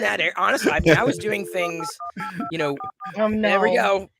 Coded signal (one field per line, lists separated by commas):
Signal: DTMF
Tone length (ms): 120 ms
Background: speech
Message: 1818244